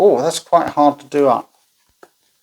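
Someone talks while pushing the plastic locking lever on a suction bath grab handle closed to engage the suction, and it is hard to do up. A faint short sound follows after the talk, but the lever has not yet seated or clicked.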